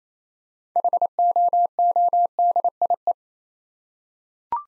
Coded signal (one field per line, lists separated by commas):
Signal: Morse code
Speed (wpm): 27 wpm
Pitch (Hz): 700 Hz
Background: none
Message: HOODIE